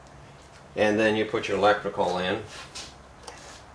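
Someone talks while handling a plastic wiring harness connector about to go onto an ignition coil during a coil and spark plug replacement on a 2015 Mini Cooper Roadster. Only faint handling noise follows the talking. Nothing has seated or clicked yet.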